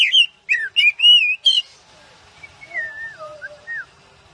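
Oriental magpie-robin song, several loud, curling whistled phrases in quick succession, followed by quieter, wandering whistles.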